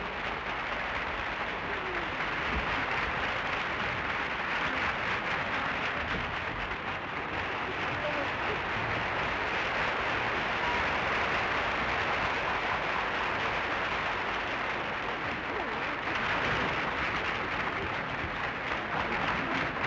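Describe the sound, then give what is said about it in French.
A theatre audience at the Théâtre Marigny in Paris applauds enthusiastically as the curtain falls on Marivaux's Les Fausses Confidences, a dense, steady roar of clapping that holds at full strength for about twenty seconds without a break. No voices are heard. “Un joli moment d'art applaudi à tout rompre par les spectateurs.”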